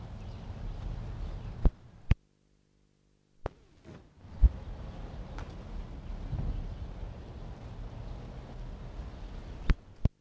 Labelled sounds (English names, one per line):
Wapiti rut call